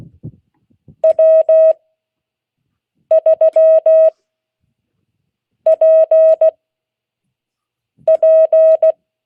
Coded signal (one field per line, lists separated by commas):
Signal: Morse code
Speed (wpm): 16 wpm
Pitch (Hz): 640 Hz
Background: none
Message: W3PP